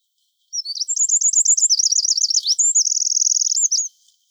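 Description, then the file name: Eurasian wren song, high and hurried, a string of rippling notes, a fast wavering trill and a dense rattle, lasting roughly three and a half seconds. "Troglodytes troglodytes"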